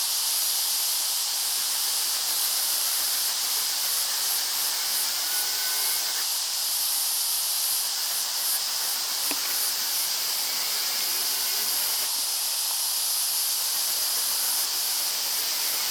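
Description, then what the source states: Cicada song: a steady, loud, high-pitched hissing buzz that holds without a break, with faint regular pulsing in its highest tones. Species epithet dimissa, family Cicadidae.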